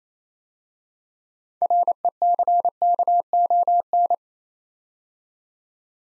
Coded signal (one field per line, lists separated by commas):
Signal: Morse code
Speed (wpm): 29 wpm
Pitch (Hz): 700 Hz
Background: none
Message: RECKON